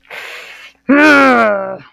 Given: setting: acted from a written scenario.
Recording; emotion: vocal sound without words; pain